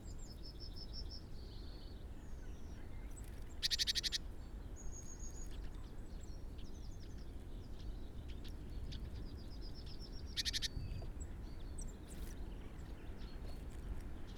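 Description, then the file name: Great tit scolding rattle, two brief buzzy bursts several seconds apart, with thin high chirps from other birds and a constant low rumble throughout. "Parus major"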